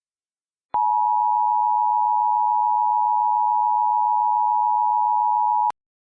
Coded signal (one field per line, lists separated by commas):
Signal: Emergency Alert System (SAME) tones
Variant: 853 and 960 Hz attention tone